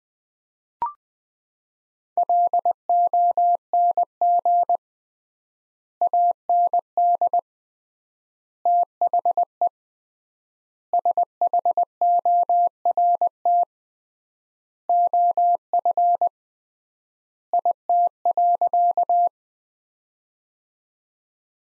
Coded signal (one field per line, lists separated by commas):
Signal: Morse code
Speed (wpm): 20 wpm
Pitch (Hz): 700 Hz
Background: none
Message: LONG AND THE SHORT OF IT.